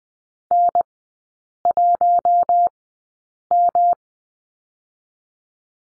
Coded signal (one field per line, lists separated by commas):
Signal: Morse code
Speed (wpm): 20 wpm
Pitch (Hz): 700 Hz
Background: none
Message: N1M